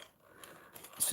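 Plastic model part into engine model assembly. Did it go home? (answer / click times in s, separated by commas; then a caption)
no / none. Someone presses a plastic part into the engine assembly of a Revelle Visible V8 engine model kit, producing only faint small hits at about 0.0, 0.4 and 0.8 seconds, followed by a louder, brief hiss-like burst at the very end. Nothing has seated or clicked yet; the part does not click into place.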